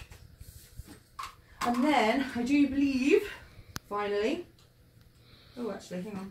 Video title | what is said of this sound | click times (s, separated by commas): BOSCH Unlimited Cordless Vacuum Cleaner - Unboxing - Set Up - Demo - Review | again how to just twist it round by that clips into place and | 1.2 s